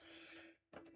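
A painted resin miniature hand with a magnet in its end is handled near a miniature figure's arm, which has its own base magnet. A steady tonal hum fades to near silence around 0.6 s, then a brief louder burst comes at about 0.8 s. The hand has not snapped onto the arm yet, and nothing has seated.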